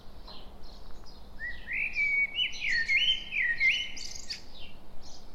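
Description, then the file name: Common blackbird song, one long melodious phrase of looping whistled notes climbing in pitch, ending in high scratchy twitters. "Turdus merula"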